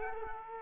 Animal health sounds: mosquito wingbeat signal from an infrared sensor; Culex quinquefasciatus

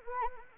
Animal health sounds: mosquito wingbeat signal from an infrared sensor; Anopheles arabiensis

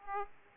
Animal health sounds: mosquito wingbeat signal from an infrared sensor; Aedes aegypti

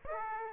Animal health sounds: mosquito wingbeat signal from an infrared sensor; Aedes aegypti

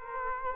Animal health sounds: mosquito wingbeat signal from an infrared sensor; Culex quinquefasciatus

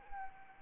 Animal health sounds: mosquito wingbeat signal from an infrared sensor; Anopheles arabiensis

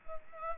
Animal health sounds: mosquito wingbeat signal from an infrared sensor; Culex pipiens

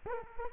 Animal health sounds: mosquito wingbeat signal from an infrared sensor; Culex quinquefasciatus

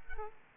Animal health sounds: mosquito wingbeat signal from an infrared sensor; Aedes aegypti

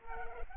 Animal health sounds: mosquito wingbeat signal from an infrared sensor; Culex pipiens

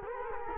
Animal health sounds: mosquito wingbeat signal from an infrared sensor; Culex quinquefasciatus

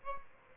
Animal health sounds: mosquito wingbeat signal from an infrared sensor; Aedes albopictus

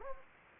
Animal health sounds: mosquito wingbeat signal from an infrared sensor; Anopheles gambiae

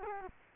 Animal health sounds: mosquito wingbeat signal from an infrared sensor; Culex quinquefasciatus

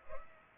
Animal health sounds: mosquito wingbeat signal from an infrared sensor; Culex pipiens

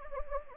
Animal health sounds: mosquito wingbeat signal from an infrared sensor; Anopheles gambiae

